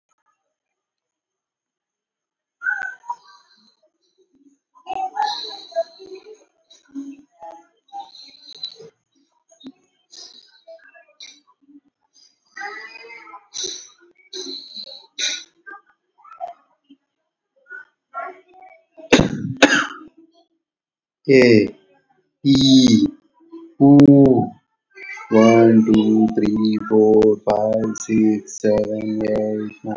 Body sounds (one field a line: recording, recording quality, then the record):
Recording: shallow breathing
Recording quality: poor, much background noise or distortion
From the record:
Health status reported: COVID-19 positive, no symptoms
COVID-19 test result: positive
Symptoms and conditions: hypertension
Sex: male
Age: 42 years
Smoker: not ticked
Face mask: not worn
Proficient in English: yes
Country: India